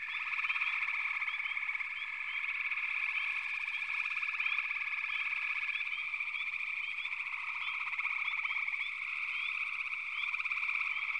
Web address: Natures Songs Nature Sounds The Natural Sounds of the Wilderness 10 CDs collection Echoes of Nature - Sampler 08 Frog Chorus